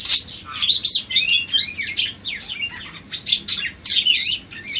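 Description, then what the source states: Songbird song, a busy stream of high chirps, short whistled notes and buzzy trills, varied and nearly unbroken. Master recording used for training songbirds, from a collection of bird master recordings.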